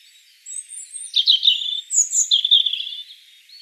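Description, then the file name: European robin song: a high drawn-out whistle, then a quick jumble of warbled notes and trills, fading near the close. "Erithacus rubecula 240702"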